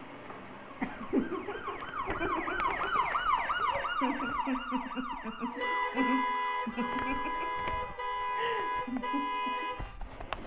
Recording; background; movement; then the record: laughter; traffic; sitting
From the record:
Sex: female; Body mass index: 36.4 kg/m2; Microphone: on the chest, facing outward